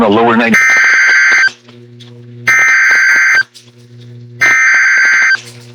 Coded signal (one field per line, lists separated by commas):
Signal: Emergency Alert System (SAME) tones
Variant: header bursts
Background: speech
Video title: EAS Completion #33 EAS Alerts from August 20 2026 EAS 1,141-1,147